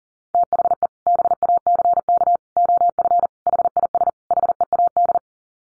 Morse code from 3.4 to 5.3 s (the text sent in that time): HIS HEAD